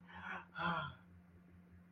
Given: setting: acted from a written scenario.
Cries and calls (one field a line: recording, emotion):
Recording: vocal sound without words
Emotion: positive surprise